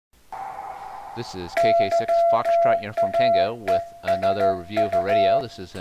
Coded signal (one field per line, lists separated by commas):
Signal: Morse code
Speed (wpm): 14 wpm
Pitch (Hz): 680 Hz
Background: speech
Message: YAESU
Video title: Retro Radio Review: Yaesu FT-7B